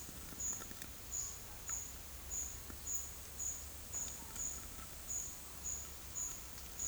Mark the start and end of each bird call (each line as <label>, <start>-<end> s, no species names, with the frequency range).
bird call (3.7-6.3 kHz), 1.07-1.38 s